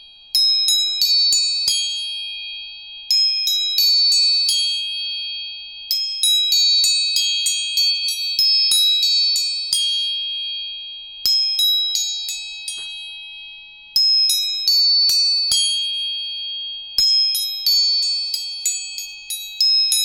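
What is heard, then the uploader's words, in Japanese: Tuning forks hold a steady high ringing tone while bright metallic taps arrive in quick clusters every few seconds, each fading slowly. 音叉チューニング。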